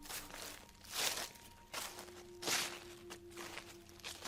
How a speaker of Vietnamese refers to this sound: Đang say sưa sảng khoái thì bất ngờ đằng sau có tiếng bước chân xào xạc vang lên.